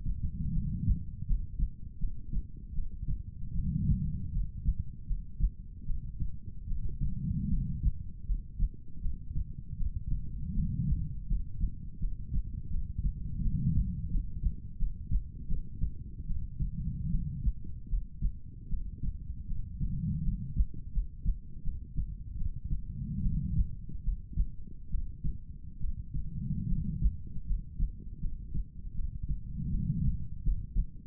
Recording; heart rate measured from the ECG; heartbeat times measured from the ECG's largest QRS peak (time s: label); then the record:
heart sounds by stethoscope; 78 bpm
0.51 s: heartbeat
1.25 s: heartbeat
1.98 s: heartbeat
2.73 s: heartbeat
3.53 s: heartbeat
4.31 s: heartbeat
5.05 s: heartbeat
5.85 s: heartbeat
6.66 s: heartbeat
7.48 s: heartbeat
8.25 s: heartbeat
9.00 s: heartbeat
9.76 s: heartbeat
10.53 s: heartbeat
11.27 s: heartbeat
11.99 s: heartbeat
12.69 s: heartbeat
13.41 s: heartbeat
14.10 s: heartbeat
14.77 s: heartbeat
15.47 s: heartbeat
16.25 s: heartbeat
17.10 s: heartbeat
17.88 s: heartbeat
18.68 s: heartbeat
19.46 s: heartbeat
20.22 s: heartbeat
20.91 s: heartbeat
21.62 s: heartbeat
22.36 s: heartbeat
23.21 s: heartbeat
24.03 s: heartbeat
24.89 s: heartbeat
25.78 s: heartbeat
26.67 s: heartbeat
27.45 s: heartbeat
28.19 s: heartbeat
28.93 s: heartbeat
29.69 s: heartbeat
30.42 s: heartbeat
From the record:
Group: healthy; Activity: rest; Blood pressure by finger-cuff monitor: 123/71 mmHg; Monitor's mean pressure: 89 mmHg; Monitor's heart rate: 77 bpm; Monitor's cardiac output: 7 L/min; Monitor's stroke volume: 90 mL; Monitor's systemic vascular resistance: 930 dyn s/cm5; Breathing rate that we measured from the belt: 19 breaths a minute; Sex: female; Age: 23 years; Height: 160 cm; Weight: 50.4 kg